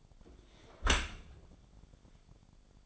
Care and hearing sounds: daily activity, microphone in the room; close dishwasher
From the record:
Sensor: 5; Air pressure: 1006.8 hPa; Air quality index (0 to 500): 185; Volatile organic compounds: 5 ppm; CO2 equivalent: 1768 ppm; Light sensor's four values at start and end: 53/147/58/58 and 52/146/57/57

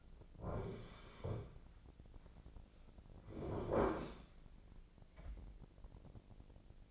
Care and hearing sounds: daily activity, microphone in the room; sit down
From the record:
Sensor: 5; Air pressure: 1009.3 hPa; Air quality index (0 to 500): 158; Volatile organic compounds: 2 ppm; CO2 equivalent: 1215 ppm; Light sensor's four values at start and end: 253/610/257/279 and 253/610/257/279

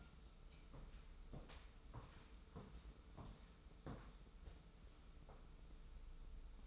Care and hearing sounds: daily activity, microphone in the room; walk to room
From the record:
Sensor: 1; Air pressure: 994.4 hPa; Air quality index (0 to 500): 220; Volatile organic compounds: 1000 ppm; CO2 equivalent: 7872 ppm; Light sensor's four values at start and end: 66/147/65/68 and 65/145/64/67

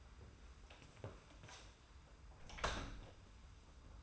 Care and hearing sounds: daily activity, microphone in the room; close door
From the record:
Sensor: 2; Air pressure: 991.4 hPa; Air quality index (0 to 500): 153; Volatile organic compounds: 521 ppm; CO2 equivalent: 4847 ppm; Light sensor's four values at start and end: 33/97/38/36 and 33/98/38/36

